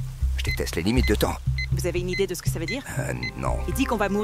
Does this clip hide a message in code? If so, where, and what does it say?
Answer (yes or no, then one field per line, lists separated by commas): no